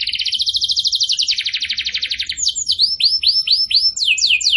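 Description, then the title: Bird song opening with a fast, high buzzy trill, then turning to a series of clear whistled notes that sweep down. Master for training cage birds; lively (gacor) singer in the tembakan style. "Masteran Burung Tembakan Gacor"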